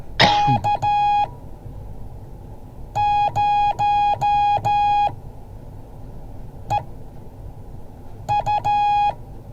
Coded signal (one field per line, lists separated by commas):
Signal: Morse code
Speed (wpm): 13 wpm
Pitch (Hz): 830 Hz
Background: none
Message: K0EU